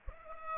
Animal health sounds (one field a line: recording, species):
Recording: mosquito wingbeat signal from an infrared sensor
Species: Culex pipiens